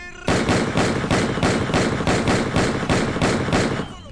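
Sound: gunshot sound effect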